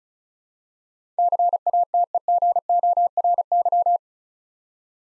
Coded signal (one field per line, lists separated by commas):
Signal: Morse code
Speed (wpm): 34 wpm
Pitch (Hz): 700 Hz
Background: none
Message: CATEGORY